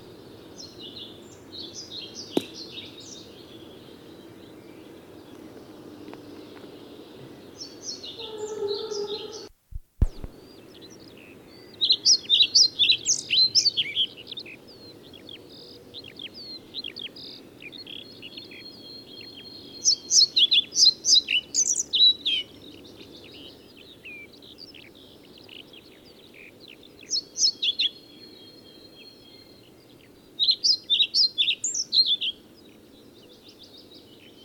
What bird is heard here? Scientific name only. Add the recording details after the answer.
Ficedula hypoleuca. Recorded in the wild. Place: Putbus, Insel Rügen, Mecklenburg-Vorpommern, DE. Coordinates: 54.382, 13.483. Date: 1977-05-10. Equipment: Nagra III BH, Sennheiser MD 21, parabola. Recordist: Schubert, Michael. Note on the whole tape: Gesang Trauerschnäpper